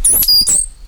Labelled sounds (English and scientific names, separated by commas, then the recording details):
Stitchbird (Notiomystis cincta) song
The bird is a male
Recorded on Tiritiri Matangi Island, New Zealand, in 2005
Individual 8, of nest box 10